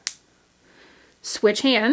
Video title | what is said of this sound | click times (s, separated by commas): Top Smart 18 Inch Lace Front Topper by Jon Renau 6F27 | scoop under and snap | 0.1 s